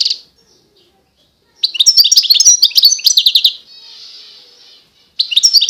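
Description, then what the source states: European goldfinch song with a lively string of tinkling notes and trills, trailing into a soft buzzy wheeze before another phrase starts. Wild bird.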